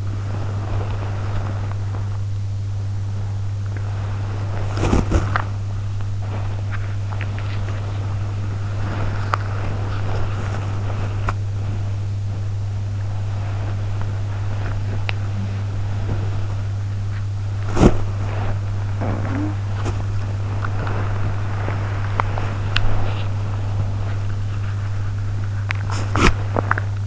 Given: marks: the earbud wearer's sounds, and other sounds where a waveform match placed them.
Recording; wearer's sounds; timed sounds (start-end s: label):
sounds in sleep by an in-ear microphone; body movement, talking in sleep, swallowing
0.00-27.07 s: body movement
18.97-19.57 s: talking in sleep
26.47-26.93 s: swallowing